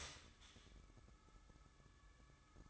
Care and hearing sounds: daily activity, microphone in the room; start toaster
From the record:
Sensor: 3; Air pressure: 1007.2 hPa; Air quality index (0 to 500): 53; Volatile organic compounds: 1 ppm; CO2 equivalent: 588 ppm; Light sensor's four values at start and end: 8/17/7/7 and 8/17/7/7

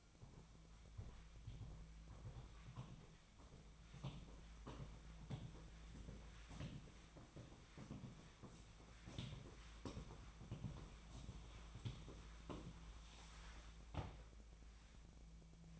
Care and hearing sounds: daily activity, microphone in the room; walk to room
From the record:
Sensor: 1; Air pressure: 1010.2 hPa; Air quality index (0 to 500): 181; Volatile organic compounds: 15 ppm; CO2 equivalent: 2487 ppm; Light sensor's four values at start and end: 39/99/42/51 and 39/101/42/51

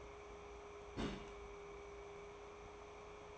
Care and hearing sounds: daily activity, microphone in the room; place on stove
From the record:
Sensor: 1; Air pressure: 1010.3 hPa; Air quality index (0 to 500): 170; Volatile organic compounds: 12 ppm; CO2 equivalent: 2345 ppm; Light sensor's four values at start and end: 56/144/60/76 and 57/146/60/77

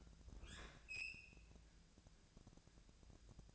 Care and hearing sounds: daily activity, microphone in the room; open fridge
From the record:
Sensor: 2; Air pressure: 999.8 hPa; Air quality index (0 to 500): 124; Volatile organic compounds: 2 ppm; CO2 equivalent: 1067 ppm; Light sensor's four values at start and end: 30/75/32/36 and 30/75/32/36

